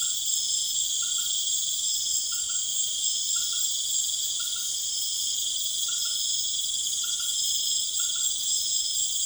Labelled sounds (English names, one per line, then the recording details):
none
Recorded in pastures near Puerto Asís, Putumayo, Colombia, on 19 March 2025 at 21:00
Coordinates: 0.505, -76.324
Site GP08